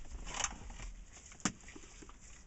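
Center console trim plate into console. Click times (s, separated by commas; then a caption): 1.4 s. The plastic center console trim plate that holds the window switches on a BMW E46 325i/330i is lowered back end first, then its front end is pressed down into the console. After a soft knock near 0.4 s and some faint rustling, a sharp click at 1.5 s marks the plate snapping down and seating in the console.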